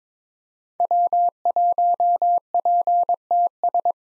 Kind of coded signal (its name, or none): Morse code